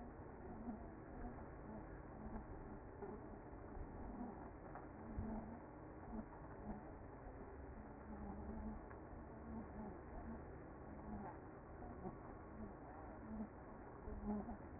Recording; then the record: honeybee colony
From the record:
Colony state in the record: active